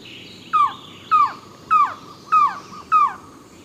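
Mountain trogon giving a steady series of five descending, barking notes roughly 0.6 seconds apart, with soft high-pitched hiss behind.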